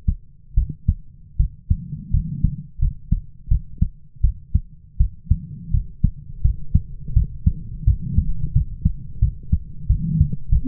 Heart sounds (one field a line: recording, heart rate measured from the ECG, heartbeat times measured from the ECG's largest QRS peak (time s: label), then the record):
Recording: heart sounds by stethoscope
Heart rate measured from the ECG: 84 bpm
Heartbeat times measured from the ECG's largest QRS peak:
0.54 s: heartbeat
1.37 s: heartbeat
2.11 s: heartbeat
2.79 s: heartbeat
3.48 s: heartbeat
4.21 s: heartbeat
4.97 s: heartbeat
5.71 s: heartbeat
6.42 s: heartbeat
7.13 s: heartbeat
7.84 s: heartbeat
8.52 s: heartbeat
9.19 s: heartbeat
9.87 s: heartbeat
10.49 s: heartbeat
From the record:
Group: healthy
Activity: rest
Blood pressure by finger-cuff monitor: 98/63 mmHg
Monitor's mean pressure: 74 mmHg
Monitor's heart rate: 86 bpm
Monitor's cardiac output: 6.8 L/min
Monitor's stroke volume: 84 mL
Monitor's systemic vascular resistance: 780 dyn s/cm5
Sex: female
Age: 22 years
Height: 157 cm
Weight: 47.6 kg